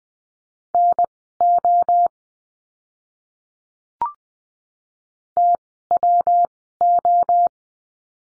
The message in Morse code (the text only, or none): NO TWO